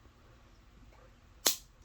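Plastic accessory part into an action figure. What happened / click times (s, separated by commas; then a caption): The plastic part snapped fully home / 1.5 s. A plastic accessory part is pushed further onto a NECA Gargoyles Goliath action figure. After a quiet stretch, a single sharp, bright snap sounds at 1.5 s as the second of the two expected clicks. The part is now fully seated.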